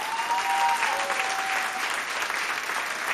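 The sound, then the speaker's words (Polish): Steady applause from a concert audience for the band's backing singers, a dense wash of clapping hands that stays fairly loud and even throughout, with a faint tonal whistle-like hum in the first second. “Wielkie brawa.”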